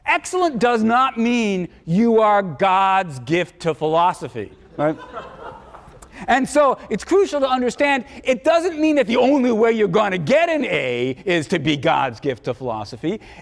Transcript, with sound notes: Excellent does not mean you are God’s gift to philosophy [laughter] So it’s crucial to understand it doesn’t mean that the only way you’re going to get an A is to be God’s gift to philosophy.